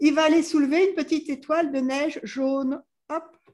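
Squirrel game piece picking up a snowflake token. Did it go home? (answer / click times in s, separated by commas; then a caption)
no / none. A small squirrel game piece in a children's board game is moved toward a snowflake token to lift it. Someone talks throughout, with a brief pause near the end. Nothing has clicked or caught the token yet.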